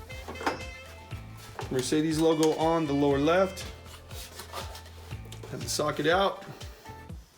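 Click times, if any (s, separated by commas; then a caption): none. A folding seat-back table is handled toward its plastic headrest-mounted base element, where it is meant to latch, while music plays and someone talks. Soft handling knocks and rubs are heard. Nothing has seated or clicked yet.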